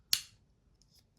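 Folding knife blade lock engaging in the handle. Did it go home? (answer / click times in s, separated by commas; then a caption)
yes / 0.1 s. The blade lock of a CRK Large Inkosi folding knife, opened or closed by hand, engages in the handle with one crisp, bright click at 0.1 s that rings briefly before fading. A few faint ticks follow near 0.8–1.0 s. The click is tactile and confirms the knife is fully open or closed, a sound rated around a seven or even an eight.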